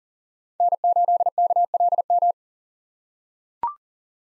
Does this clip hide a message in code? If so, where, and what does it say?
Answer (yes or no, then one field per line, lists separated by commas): yes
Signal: Morse code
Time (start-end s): 0.6-2.3 s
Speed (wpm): 40 wpm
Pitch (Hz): 700 Hz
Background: none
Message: N8KLM